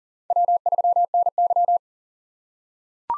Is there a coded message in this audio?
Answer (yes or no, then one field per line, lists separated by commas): yes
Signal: Morse code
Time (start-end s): 0.3-1.8 s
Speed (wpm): 39 wpm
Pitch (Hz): 700 Hz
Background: none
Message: W3NY